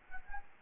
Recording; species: mosquito wingbeat signal from an infrared sensor; Anopheles arabiensis